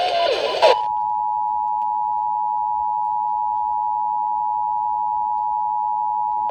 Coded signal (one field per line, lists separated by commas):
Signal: Emergency Alert System (SAME) tones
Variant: 853 and 960 Hz attention tone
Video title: SVR On WXJ34 Then FM Radio And Them WXJ33 (EAS#337-340)